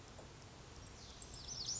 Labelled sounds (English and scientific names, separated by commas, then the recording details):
Pacific Wren (Troglodytes pacificus)
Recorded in Sonoma County, California